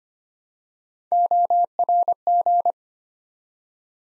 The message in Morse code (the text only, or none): ORG